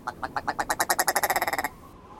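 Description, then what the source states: Willow Ptarmigan call, a harsh, stuttering series of pulses that quickens into a rapid rattling chatter before cutting off. Chicken-sized northern tundra bird known for its giddy voice; mostly brown in summer, turned all white by an autumn molt.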